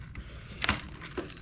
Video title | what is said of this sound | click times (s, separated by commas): How to Re-String a Ryobi 40V Weed Eater (Step-by-Step Easy Guide) | There you go. Locked into place. | 0.6 s, 0.7 s